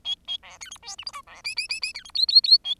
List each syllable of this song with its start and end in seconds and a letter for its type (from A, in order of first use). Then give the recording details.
0.04-0.15 A, 0.27-0.37 A, 0.43-0.58 B, 0.60-0.70 C, 0.71-0.78 D, 0.82-0.96 E, 0.98-1.04 F, 1.06-1.12 G, 1.13-1.22 H, 1.27-1.42 B, 1.44-1.55 I, 1.56-1.68 I, 1.69-1.80 I, 1.82-1.93 I, 1.94-2.04 C, 2.04-2.11 D, 2.14-2.26 J, 2.28-2.41 J, 2.43-2.58 J, 2.64-2.75 A. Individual Bird10